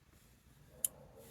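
A wiring connector is pushed into the back of a single DIN car stereo head unit being fitted in an X-Type, where the leads should slide in and click. Against a low background rumble, one sharp click sounds at 0.8 s, and the connector is seated, after it failed to click the day before.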